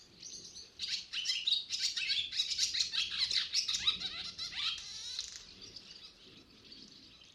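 Barn swallow twittering, a dense run of rapid high chirps and buzzy notes for several seconds, then fading to softer scattered notes over a faint low rumble.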